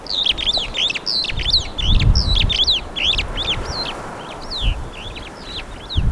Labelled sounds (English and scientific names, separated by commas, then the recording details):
Superb Starling (Lamprotornis superbus) flight call
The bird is a female
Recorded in Kenya on 22 April 2009 at 08:39
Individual 10, of group CF1